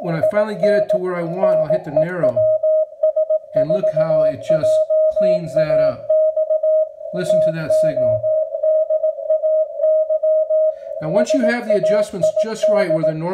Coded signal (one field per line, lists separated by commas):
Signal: Morse code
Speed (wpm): 17 wpm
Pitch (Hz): 630 Hz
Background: speech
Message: IN NEWS4JAX TODAY SAID